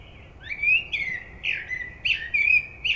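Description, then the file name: Common blackbird pouring out mellow, flute-like warbling, with notes rising and falling in quick succession. "Turdus merula"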